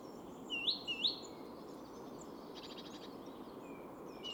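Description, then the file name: Great tit calls: two or three rising notes at the start, followed by faint rattling and soft chirps of other birds over a steady low hiss. "Parus major"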